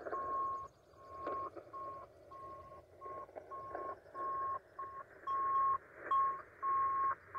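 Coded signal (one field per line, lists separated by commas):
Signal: HF data modem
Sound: hissy data rush with a steady mid-pitch beep switching on and off repeatedly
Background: radio static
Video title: 5512 kHz USB Israeli Navy Hybrid Modem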